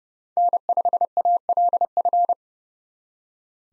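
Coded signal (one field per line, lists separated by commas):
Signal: Morse code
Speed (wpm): 36 wpm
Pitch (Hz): 700 Hz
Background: none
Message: N5ALF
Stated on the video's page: Morse practice of USA 1x3 call signs in speed-racing format, starting fast and slowing to a 30 wpm base speed; the final repeat is sent at maximum speed.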